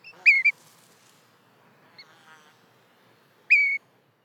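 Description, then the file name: Eurasian dotterel calling with a quick pair of high whistled notes, then a pause with a faint note and chatter, and one more clear, slightly falling piping whistle. "Fjallpipare"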